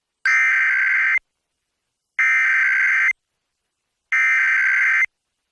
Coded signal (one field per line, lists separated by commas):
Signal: Emergency Alert System (SAME) tones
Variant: header bursts